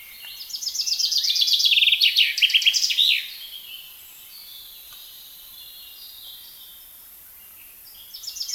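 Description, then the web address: Common chaffinch song: falling trill of rapid notes closing with an emphatic flourish, a few seconds of faint bird chatter, and the start of another phrase at the close. "SETE Fringilla coelebs"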